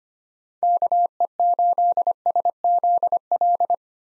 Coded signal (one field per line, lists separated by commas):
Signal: Morse code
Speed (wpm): 25 wpm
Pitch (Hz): 700 Hz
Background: none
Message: KE8SZL